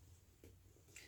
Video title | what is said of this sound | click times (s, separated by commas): Easy Two Piece Bag and How to use Rivets - Make a Tote Bag | Make sure you hear a click, and then we're ready to put that under the hand press. | 1.0 s